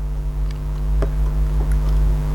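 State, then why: Not seated. A thermocouple temperature sensor is being pushed into its snap-fit mount in a thermos lid while the thermos is reassembled. A low steady hum runs underneath, with light handling ticks at about 0.5, 1.0 and 1.7 seconds. The part has not seated or clicked yet, and the clip ends just before it goes home.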